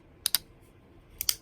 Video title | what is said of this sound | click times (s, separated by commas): Collection Update! - The Spydercos (and Byrds) | It makes a bit more of a clicky noise, | 0.3 s, 1.2 s